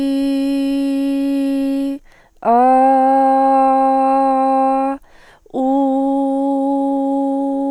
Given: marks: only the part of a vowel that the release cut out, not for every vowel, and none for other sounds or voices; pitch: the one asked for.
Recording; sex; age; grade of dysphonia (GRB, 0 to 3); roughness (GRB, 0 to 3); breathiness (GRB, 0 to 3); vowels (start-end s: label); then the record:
sustained vowels; female; 20 to 29 years; 0; 0; 0
0.00-1.69 s: vowel /i/, normal pitch
2.97-4.78 s: vowel /a/, normal pitch
5.68-7.17 s: vowel /u/, normal pitch
From the record:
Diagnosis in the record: healthy voice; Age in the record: 22 years